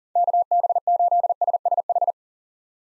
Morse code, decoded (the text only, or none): KB8SSH